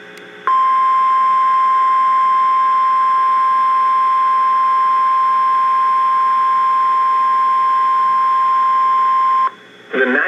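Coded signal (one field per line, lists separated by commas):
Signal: Emergency Alert System (SAME) tones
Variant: 1050 Hz attention tone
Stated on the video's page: Severe thunderstorm warning for three Texas counties, received from a NOAA Weather Radio station.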